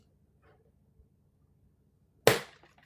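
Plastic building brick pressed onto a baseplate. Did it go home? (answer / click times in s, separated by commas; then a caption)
yes / 2.3 s. A plastic LEGO brick or plate is pressed down onto the studs of a baseplate while a large landscape is built across three baseplates. After near silence with faint handling noises, a single sharp, bright snap rings out at 2.3 s and decays quickly, followed by a faint tick. The brick seats firmly with a good snap.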